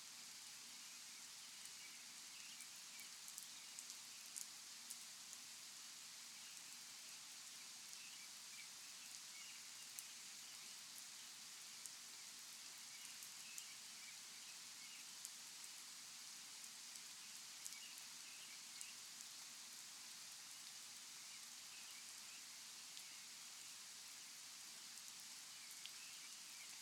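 Calm rain falls steadily, a dense, even hiss bright in the upper range with no pauses across the whole stretch. Occasional sharper drip ticks pop out of the wash, and a faint low hum sits underneath throughout.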